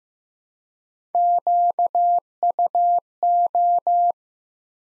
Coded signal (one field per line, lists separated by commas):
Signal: Morse code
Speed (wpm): 15 wpm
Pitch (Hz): 700 Hz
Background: none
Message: QUO